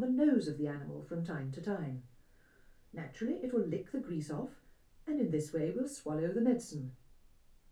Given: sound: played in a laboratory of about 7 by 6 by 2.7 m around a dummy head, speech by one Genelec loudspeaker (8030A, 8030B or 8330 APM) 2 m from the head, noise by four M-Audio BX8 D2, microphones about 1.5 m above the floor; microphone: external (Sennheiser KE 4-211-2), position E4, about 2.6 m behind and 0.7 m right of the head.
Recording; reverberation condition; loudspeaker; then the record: female speech in English; low; 90 degrees to the right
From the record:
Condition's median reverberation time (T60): about 310 ms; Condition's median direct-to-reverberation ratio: about 3.5 dB